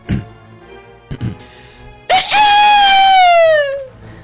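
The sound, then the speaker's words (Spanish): A person imitates a werewolf howl: one loud, sustained, high-pitched wail that holds steady and slowly slides downward for about two seconds, after a few brief breathy vocal sounds. “Entonces estos son unos licántropos. Que hacen sonidos, sería algo así como...”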